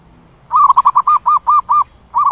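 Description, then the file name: Zebra dove cooing: a fast, bouncing run of about eight clear, rounded notes, then the start of another run. "tieng cu van co tieng gu"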